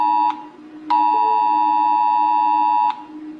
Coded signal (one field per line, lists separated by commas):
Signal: Emergency Alert System (SAME) tones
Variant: 853 and 960 Hz attention tone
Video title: Rating EAS Alarms A-Z Again: The Come Back! (Birthday Special)